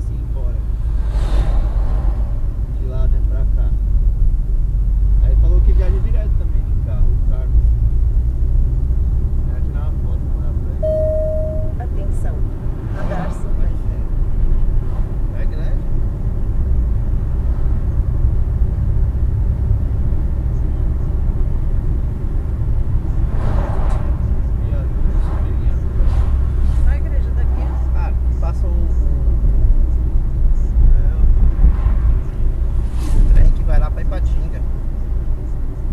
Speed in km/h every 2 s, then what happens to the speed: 33, 29, 33, 35, 42, 48, 51, 54, 54, 57, 58, 57, 55, 52, 50, 49, 49, 49.
3-19 speeds up to 58. 19-29 slows to 49. 29-36 steady at about 49.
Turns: none.